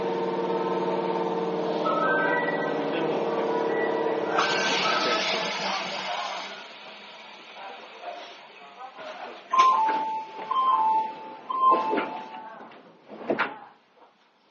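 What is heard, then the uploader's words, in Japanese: An Izukyu 8000 series train runs with a loud, steady rumble and whining tones for the first four seconds, then a hissing noise that gradually fades. From about nine seconds, bright chime tones repeat among clunks and knocks, ending with a sharp thud near thirteen seconds. 伊豆急8000系 伊豆急下田〜伊東。伊豆急行線の全区間の録音です。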